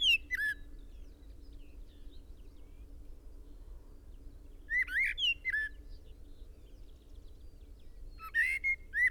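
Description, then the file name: Common blackbird giving short fluted song phrases with thin high twitters, three bursts spaced roughly four seconds apart. "Turdus merula"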